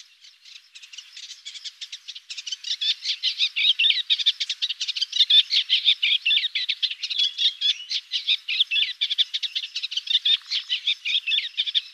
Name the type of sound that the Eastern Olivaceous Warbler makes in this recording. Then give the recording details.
song. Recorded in the wild. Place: Karakumwüste/Repetek, TM. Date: 2001-05-17. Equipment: MiniDisc Sharp MT 20 H. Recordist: Schwarz, Dieter. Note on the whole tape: Song